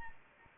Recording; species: mosquito wingbeat signal from an infrared sensor; Anopheles arabiensis